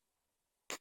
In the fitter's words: Hear it snap.